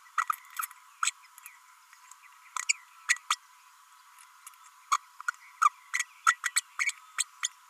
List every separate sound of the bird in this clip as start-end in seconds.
1.02-1.11, 2.68-2.73, 3.08-3.16, 3.30-3.36, 4.91-4.97, 5.28-5.31, 5.64-5.69, 5.93-5.99, 6.26-6.36, 6.56-6.61, 6.79-6.92, 7.18-7.23, 7.42-7.49